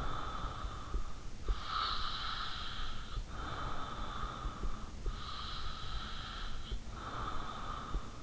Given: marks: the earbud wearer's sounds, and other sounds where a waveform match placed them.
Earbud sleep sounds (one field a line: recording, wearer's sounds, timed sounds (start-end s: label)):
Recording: sounds in sleep by an in-ear microphone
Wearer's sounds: breath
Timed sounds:
0.00-8.23 s: breath